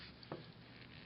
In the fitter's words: i can get it started but i can't quite get it all the way so if i take a wrench or something like that i should be able to